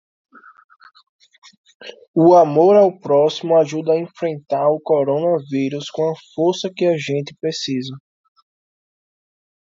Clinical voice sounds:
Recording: spoken sentence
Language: Brazilian Portuguese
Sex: male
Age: 20 to 29 years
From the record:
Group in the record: control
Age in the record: 28 years

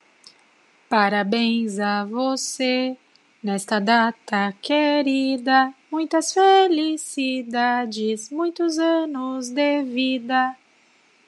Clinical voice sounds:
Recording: short text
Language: Brazilian Portuguese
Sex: female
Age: 30 to 39 years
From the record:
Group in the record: control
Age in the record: 34 years

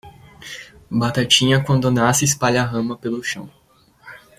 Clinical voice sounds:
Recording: short text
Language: Brazilian Portuguese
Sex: male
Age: 20 to 29 years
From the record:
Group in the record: control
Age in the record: 20 years

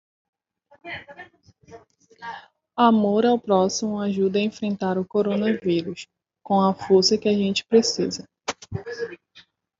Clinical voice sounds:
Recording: spoken sentence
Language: Brazilian Portuguese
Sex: female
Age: 20 to 29 years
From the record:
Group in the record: control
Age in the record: 28 years

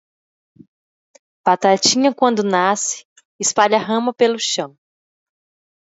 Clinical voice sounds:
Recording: short text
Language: Brazilian Portuguese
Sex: female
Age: 20 to 29 years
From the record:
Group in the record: control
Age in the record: 28 years

